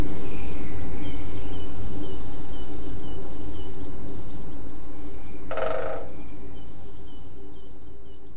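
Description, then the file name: Great spotted woodpecker drumming, one short rapid roll about two-thirds through, with faint repeated high chirps from another bird over low noise throughout. Drumming; recorded 5 04 07 on a MZ-N 710 recorder. "MZ-N 710 Pic epeiche tambourinant 5 04 07"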